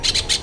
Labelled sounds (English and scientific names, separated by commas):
Brown-throated Parakeet (Eupsittula pertinax) contact call